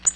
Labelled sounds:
Tennessee Warbler (Leiothlypis peregrina) flight call

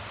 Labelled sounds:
Chestnut-sided Warbler (Setophaga pensylvanica) flight call

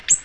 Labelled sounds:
Ovenbird (Seiurus aurocapilla) flight call

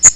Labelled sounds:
Magnolia Warbler (Setophaga magnolia) flight call

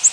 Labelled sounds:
Yellow-rumped Warbler (Setophaga coronata) flight call

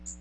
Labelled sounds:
Magnolia Warbler (Setophaga magnolia) flight call

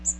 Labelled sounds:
Magnolia Warbler (Setophaga magnolia) flight call

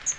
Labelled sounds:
Magnolia Warbler (Setophaga magnolia) flight call

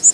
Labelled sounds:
Northern Waterthrush (Parkesia noveboracensis) flight call

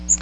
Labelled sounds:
Magnolia Warbler (Setophaga magnolia) flight call

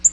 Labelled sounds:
Black-throated Green Warbler (Setophaga virens) flight call

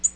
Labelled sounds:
Tennessee Warbler (Leiothlypis peregrina) flight call

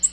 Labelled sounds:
Nashville Warbler (Leiothlypis ruficapilla) flight call

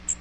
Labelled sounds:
Magnolia Warbler (Setophaga magnolia) flight call

